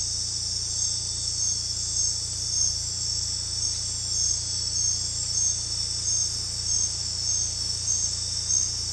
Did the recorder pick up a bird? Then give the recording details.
no. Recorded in secondary vegetation near Puerto Asís, Putumayo, Colombia, on 18 December 2024 at 22:30. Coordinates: 0.484, -76.319. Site GP06